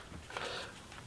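A top-loading flight battery is pushed into the top bay of an SJRC F11S 4K PRO GPS camera drone, giving only a faint thud around 0.4 s. No click is heard, and nothing has clicked, though the battery is held solid in the drone body.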